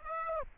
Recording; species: mosquito wingbeat signal from an infrared sensor; Aedes aegypti